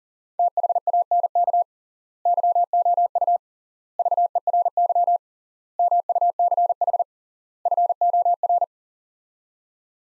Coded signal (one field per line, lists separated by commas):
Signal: Morse code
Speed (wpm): 37 wpm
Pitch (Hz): 700 Hz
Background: none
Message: THANK YOU VERY MUCH FOR